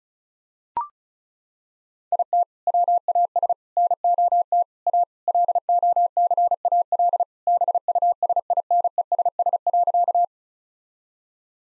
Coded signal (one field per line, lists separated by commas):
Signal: Morse code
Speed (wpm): 36 wpm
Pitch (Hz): 700 Hz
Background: none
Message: IT WAS NOT A LOCAL BUSINESS.